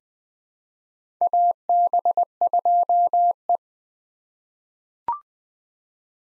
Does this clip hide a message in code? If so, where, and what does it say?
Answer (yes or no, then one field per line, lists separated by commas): yes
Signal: Morse code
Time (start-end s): 1.2-3.6 s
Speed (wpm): 20 wpm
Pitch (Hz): 700 Hz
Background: none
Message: AB2E